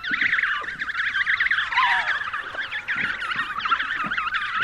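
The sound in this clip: Crowded penguin calling, many wavering, nasal honks and brays overlapping without pause throughout.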